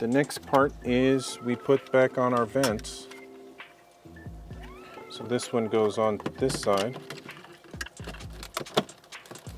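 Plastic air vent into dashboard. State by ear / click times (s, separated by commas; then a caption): seated / 8.8 s. A plastic air vent is pressed into its opening on one side of the dashboard and seats with a sharp click at 8.8 s. Someone talks during the first part of the clip, with music in the background. Smaller knocks and taps are heard as the vent is fitted.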